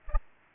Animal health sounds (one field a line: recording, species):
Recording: mosquito wingbeat signal from an infrared sensor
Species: Aedes aegypti